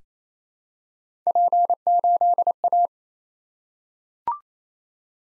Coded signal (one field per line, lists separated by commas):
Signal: Morse code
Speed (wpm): 27 wpm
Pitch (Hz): 700 Hz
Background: none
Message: P8A